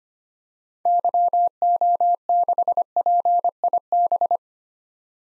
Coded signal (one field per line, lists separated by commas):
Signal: Morse code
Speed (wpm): 25 wpm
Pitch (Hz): 700 Hz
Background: none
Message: YO6PIB